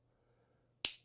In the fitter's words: Okay, and everything is snapped into place.